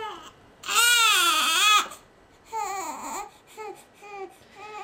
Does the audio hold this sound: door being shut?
no